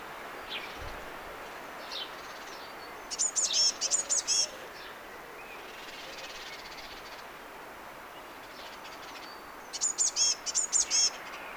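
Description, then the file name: Eurasian blue tit calls: two bouts of fast, high, tinkling notes, six or seven each, separated by about five seconds of quiet background hiss. "Cyanistes caeruleus"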